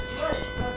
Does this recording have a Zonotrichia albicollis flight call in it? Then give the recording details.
no. No flight call is heard. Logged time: 23:33 on 2 September 2014